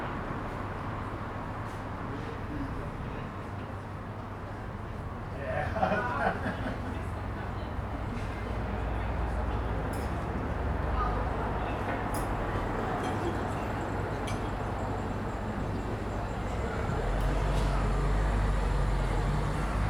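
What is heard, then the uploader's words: A narrow street outside a small bar, with a steady low rumble of passing traffic and a constant murmur of voices. Around six seconds a brighter burst rises briefly above the din, and short clicks and knocks punctuate the scene, while the traffic swells slightly toward the end. Street bar. Captured on the pavement outside a small bar in a narrow street. Daylight is running out as people return home after shopping in the city. The street is decorated with Christmas lights along the length.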